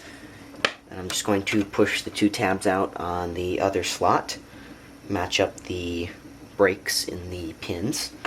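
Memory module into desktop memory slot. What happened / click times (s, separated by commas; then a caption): The module snapped into its slot / 0.6 s. A 512 MB 168-pin memory stick is lined up with the slot pins of a desktop memory slot in an iMac G3 and pushed down until the retaining tabs close. One sharp click at 0.6 s shows the stick seating in the slot. Afterward someone talks.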